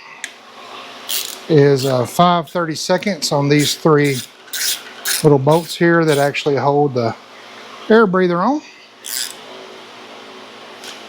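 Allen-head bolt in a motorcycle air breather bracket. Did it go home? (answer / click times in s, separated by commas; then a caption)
no / 9.1 s. Someone talks while working a hex key on one of three small 5/32 Allen-head bolts that hold the air breather on a motorcycle air breather bracket. At 9.1 s the key slips in the worn socket head with a short metallic snap, and the bolt head is stripped out and will not come out.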